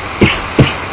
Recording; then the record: coughing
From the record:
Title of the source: Dry Afternoon Cough